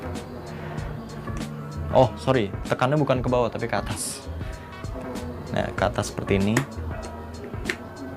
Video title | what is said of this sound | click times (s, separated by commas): UNBOXING HELM LOKAL GO INTERNATIONAL ! - RSVHELMET | ini kalau udah bunyi tek, itu artinya visor udah bisa dilepas ya. | 7.7 s